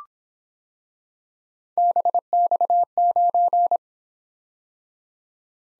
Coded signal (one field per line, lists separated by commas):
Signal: Morse code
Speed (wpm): 24 wpm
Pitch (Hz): 700 Hz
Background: none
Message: BX9